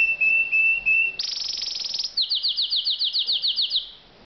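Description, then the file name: Canary song: a steady whistled note, then a dense buzzy trill and a string of quick repeated downslurred notes. "Uccello Canarino"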